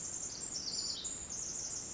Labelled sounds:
Pacific Wren
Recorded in Sonoma County, California

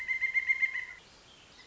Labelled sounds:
Pileated Woodpecker
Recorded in Sonoma County, California

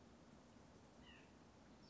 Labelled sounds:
White-breasted Nuthatch
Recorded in Sonoma County, California

